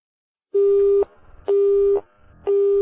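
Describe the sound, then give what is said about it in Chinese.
A telephone busy tone after the caller hangs up: three loud, steady mid-pitched beeps, each about half a second long, separated by equal short gaps in an even on-off rhythm, with no voices. “又收线啊！”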